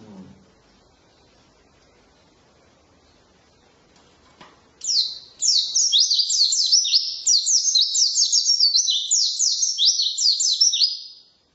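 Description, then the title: White-eye song, a continuous high chatter of quick descending and zigzag notes lasting about six seconds after a quiet start, then stopping abruptly. Wild white-eye (pleci ngalas) singing an 'isian' filling song, used as a tutor recording for training songbirds (masteran). "mster Mnuk. Pleci ngalas isian untuk masteran"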